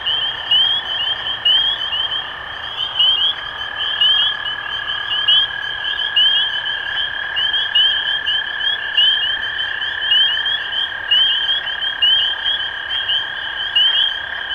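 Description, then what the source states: Spring peepers calling in chorus, many short rising peeps overlapping over a steady high drone. Recorded 23 March 2012.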